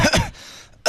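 An adult gives a quick double cough, two harsh bursts within about a quarter second, close to a throat clear, then near silence. It is a playful imitation of a cough, one of several people mimicking coughs of different illnesses, not a real illness cough. Another sound starts right at the end.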